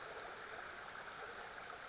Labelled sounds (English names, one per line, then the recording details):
Western Flycatcher
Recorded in Sonoma County, California